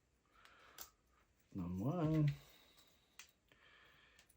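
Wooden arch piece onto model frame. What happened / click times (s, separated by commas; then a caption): The wooden part snapped on lightly with a small click / 0.5 s, 0.8 s. A laser-cut wooden arch part of a UGears NASA Saturn V model is deliberately snapped only slightly onto its mating part on the model frame, just enough to hold and not pushed all the way in. Small clicks are heard at 0.5 s and 0.8 s, followed by someone talking, with a few faint taps after that. The part is left lightly held in place rather than fully seated.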